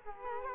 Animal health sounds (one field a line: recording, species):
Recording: mosquito wingbeat signal from an infrared sensor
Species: Culex quinquefasciatus